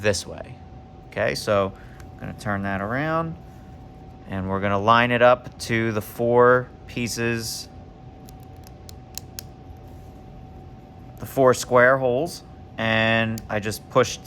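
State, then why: Seated. Someone talks while turning a laser-cut plywood part of a UGears Pendulum mechanical model kit around, lining its four square holes up over the pegs and pushing it on. Two sharp snaps are heard at 9.2 s and 9.4 s as the part seats onto the peg joints and snaps into place.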